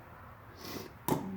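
A metal snap ring is pressed into its retaining groove with snap-ring pliers. After a low, quiet stretch with some faint rustling, one sharp metallic snap rings out at 1.0 s, followed by a short ringing tone. The ring is seated and snapped in place.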